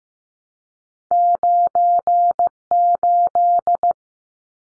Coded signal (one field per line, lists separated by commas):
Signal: Morse code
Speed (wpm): 15 wpm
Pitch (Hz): 700 Hz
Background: none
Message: 98